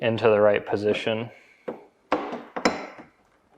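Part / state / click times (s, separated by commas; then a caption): plastic fender extension onto car front fender / seated / 2.7 s. Someone talks, then the front end of a plastic ACS XL fender extension is pushed onto the front fender flange of a C7 Z06 to lock it in place first. Sharp taps and snaps sound around 1.7, 2.1 and 2.6 seconds. It snaps into place at 2.7 seconds, and the front is seated.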